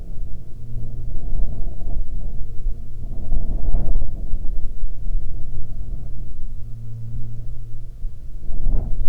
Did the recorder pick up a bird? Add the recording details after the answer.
no. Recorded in the Arctic National Wildlife Refuge, Alaska, on 27 July 2019 at 17:28. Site 40